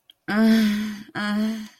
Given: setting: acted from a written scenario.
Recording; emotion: vocal sound without words; shame